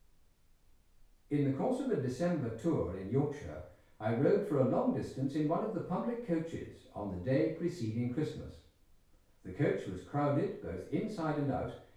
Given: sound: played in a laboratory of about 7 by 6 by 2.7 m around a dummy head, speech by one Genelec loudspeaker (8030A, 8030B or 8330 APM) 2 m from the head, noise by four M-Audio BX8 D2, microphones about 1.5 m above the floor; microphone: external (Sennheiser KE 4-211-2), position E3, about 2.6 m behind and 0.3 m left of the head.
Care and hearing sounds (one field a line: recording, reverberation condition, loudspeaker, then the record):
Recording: male speech in English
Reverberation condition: medium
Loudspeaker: 120 degrees to the right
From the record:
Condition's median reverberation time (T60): about 510 ms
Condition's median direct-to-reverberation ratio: about -0.5 dB